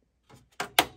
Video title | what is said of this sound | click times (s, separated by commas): Korg Triton ￼expansion board set installation | and then you flip it up and you heard snap snap | 0.6 s, 0.8 s